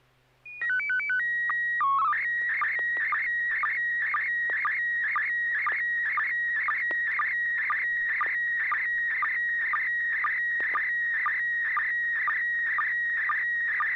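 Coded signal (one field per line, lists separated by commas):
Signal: SSTV (slow-scan television)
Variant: PD 120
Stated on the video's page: SSTV net on an FM repeater, 441.30 MHz, Sacramento, California; images sent with MMSSTV software.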